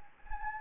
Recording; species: mosquito wingbeat signal from an infrared sensor; Anopheles gambiae